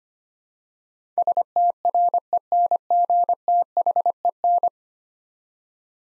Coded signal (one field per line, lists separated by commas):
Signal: Morse code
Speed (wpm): 25 wpm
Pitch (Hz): 700 Hz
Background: none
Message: STRENGTHEN